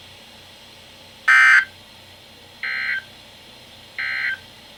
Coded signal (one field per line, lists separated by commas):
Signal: Emergency Alert System (SAME) tones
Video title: EAS #15-#17: Flood Warnings and the RWT | KHB36